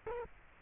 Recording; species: mosquito wingbeat signal from an infrared sensor; Culex quinquefasciatus